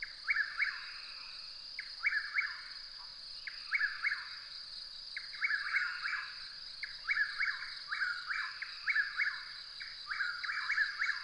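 Bird song of repeated chirp groups, two to four quick descending notes each, over a high whine.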